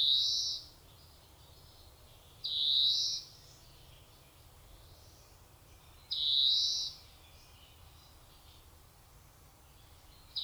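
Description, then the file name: European greenfinch repeating a drawn-out, rasping wheeze roughly every four seconds, two full notes after one cut off at the start, with another starting at the end, in otherwise quiet surroundings. "Chloris chloris"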